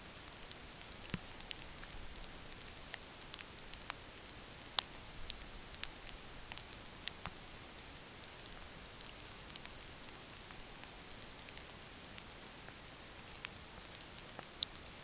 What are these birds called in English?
none